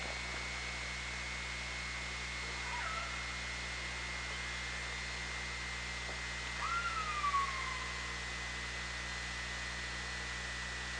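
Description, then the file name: Orca call: a clear downward-sliding tonal call with faint harmonics, after a fainter earlier call, heard over constant underwater hiss and a steady electrical hum. Recorded by hydrophone on 24 August 2017 around 18:15. "Orca Lab"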